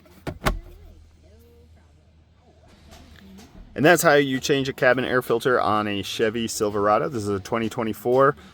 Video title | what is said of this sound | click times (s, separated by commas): 2019 to 2024 Chevy silverado Cabin Air filter replacement. work truck trim model. | we're gonna push on both sides where these clips are, and it pops right in. | 0.3 s, 0.5 s